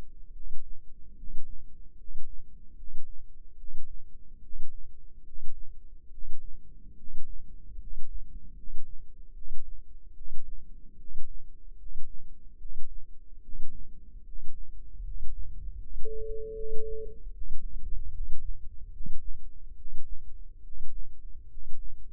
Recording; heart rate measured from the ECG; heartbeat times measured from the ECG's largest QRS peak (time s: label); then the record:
heart sounds by microphone in the left ear; 74 bpm
0.31 s: heartbeat
1.14 s: heartbeat
1.95 s: heartbeat
2.74 s: heartbeat
3.55 s: heartbeat
4.39 s: heartbeat
5.22 s: heartbeat
6.09 s: heartbeat
6.94 s: heartbeat
7.76 s: heartbeat
8.53 s: heartbeat
9.32 s: heartbeat
10.13 s: heartbeat
10.96 s: heartbeat
11.75 s: heartbeat
12.56 s: heartbeat
13.40 s: heartbeat
14.22 s: heartbeat
15.01 s: heartbeat
15.77 s: heartbeat
16.52 s: heartbeat
17.31 s: heartbeat
18.09 s: heartbeat
18.89 s: heartbeat
19.74 s: heartbeat
20.61 s: heartbeat
21.47 s: heartbeat
From the record:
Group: healthy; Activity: rest 0-16 s, breath hold 16-22 s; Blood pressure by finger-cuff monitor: 116/67 mmHg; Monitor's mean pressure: 80 mmHg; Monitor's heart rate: 75 bpm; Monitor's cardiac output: 7.4 L/min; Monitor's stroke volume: 100 mL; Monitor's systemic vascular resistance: 790 dyn s/cm5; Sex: male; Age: 35 years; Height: 180 cm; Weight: 86.9 kg